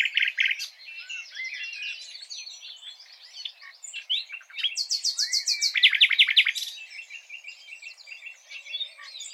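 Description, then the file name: Common nightingale song: a mix of chirps, short trills and rapid repeated high notes, with a loud rattling burst near the middle. "Luscinia megarhynchos"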